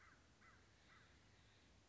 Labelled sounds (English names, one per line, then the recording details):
American Crow
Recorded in Sonoma County, California